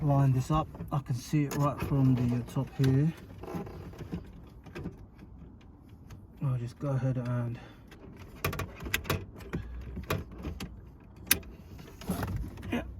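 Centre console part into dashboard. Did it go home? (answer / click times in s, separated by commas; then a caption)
yes / 11.3 s. A centre console part on a Ford KA is lined up from the top and pushed home into the dashboard while someone talks. A series of plastic knocks and clicks follows, ending in a sharp click at 11.3 s as the part locks into place.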